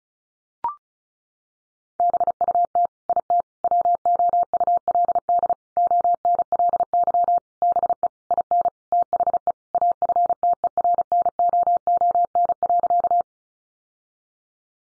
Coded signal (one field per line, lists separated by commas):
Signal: Morse code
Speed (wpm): 34 wpm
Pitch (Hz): 700 Hz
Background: none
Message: BUT IT WOULD ONLY BE IN THE AFTERNOON.